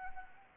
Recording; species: mosquito wingbeat signal from an infrared sensor; Anopheles arabiensis